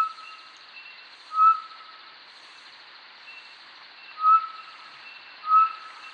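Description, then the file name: Short-tailed batis calls: three clear, single-pitched whistles at uneven intervals, faint higher notes in between, over steady hiss. "Batis mixta"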